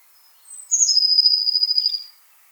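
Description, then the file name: Eurasian blue tit song phrase: two thin high notes dropping into a quick, steady trill lasting over a second. "Cyanistes caeruleus"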